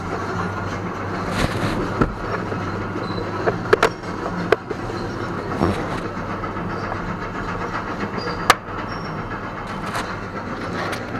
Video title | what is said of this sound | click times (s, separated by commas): Ignition switch electrical 1999 Nissan Frontier. Not the key part. | I you can hear with all the noise but it was clicking together so it's click together | 3.7 s, 3.8 s, 4.5 s, 8.5 s